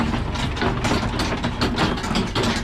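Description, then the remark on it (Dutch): A tractor engine runs steadily with a deep, loud rumble, overlaid by a busy rattling, clanking mechanical clatter that keeps going without a break, as the tractor drives seven large crates of freshly picked pears to cold storage in a pear orchard in Wamel, Gelderland, the Netherlands. “En die worden door een tractor naar de koeling gereden.”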